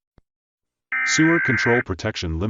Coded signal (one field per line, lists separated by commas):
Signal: Emergency Alert System (SAME) tones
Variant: header bursts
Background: speech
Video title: SCP-999 EAS Scenario